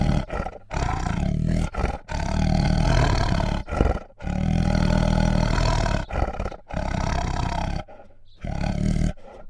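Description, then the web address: Bengal tiger growling in long, harsh, low rumbling phrases separated by short gaps. Female Bengal tiger growling and snarling. "Sound Ideas Tigers Sound Effects"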